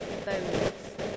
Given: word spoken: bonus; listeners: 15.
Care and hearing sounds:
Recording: one English word in noise, from a listening test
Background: noise modulated by three-talker babble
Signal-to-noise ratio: -4.8 dB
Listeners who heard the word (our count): 2 of 15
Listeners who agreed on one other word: 6 of 15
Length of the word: 0.77 s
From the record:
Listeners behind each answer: 6, 2, 1, 1, 1, 1, 1, 1, 1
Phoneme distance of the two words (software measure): 17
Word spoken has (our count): 2 syllables, 5 phonemes, stress on syllable 1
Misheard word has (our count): 1 syllable, 4 phonemes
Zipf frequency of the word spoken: 4.67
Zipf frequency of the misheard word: 4.43

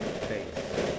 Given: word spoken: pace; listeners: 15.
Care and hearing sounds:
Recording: one English word in noise, from a listening test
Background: noise modulated by three-talker babble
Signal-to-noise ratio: -6.0 dB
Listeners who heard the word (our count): 0 of 15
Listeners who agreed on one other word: 9 of 15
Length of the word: 0.59 s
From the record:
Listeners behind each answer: 9, 2, 1, 1, 1, 1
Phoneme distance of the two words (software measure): 10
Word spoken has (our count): 1 syllable, 3 phonemes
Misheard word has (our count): 1 syllable, 3 phonemes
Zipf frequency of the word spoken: 4.60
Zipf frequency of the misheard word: 5.44

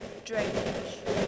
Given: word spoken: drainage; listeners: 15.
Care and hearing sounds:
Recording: one English word in noise, from a listening test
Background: noise modulated by three-talker babble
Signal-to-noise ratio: -3.9 dB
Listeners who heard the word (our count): 3 of 15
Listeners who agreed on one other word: 6 of 15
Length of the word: 0.88 s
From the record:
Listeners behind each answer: 6, 3, 2, 1, 1, 1, 1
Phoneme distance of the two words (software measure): 24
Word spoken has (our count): 2 syllables, 6 phonemes, stress on syllable 1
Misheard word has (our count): 1 syllable, 6 phonemes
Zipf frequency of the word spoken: 3.54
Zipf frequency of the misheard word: 4.83

